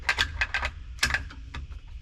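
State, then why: Not seated. A distributor is handled and rotated so its gear can engage the cam gear before it drops into the engine block, giving a series of sharp metallic ticks and clacks near 0.1, 0.2, 0.4, 1.0 and 1.1 seconds. Nothing has seated yet; the distributor is not yet fully home in the engine block.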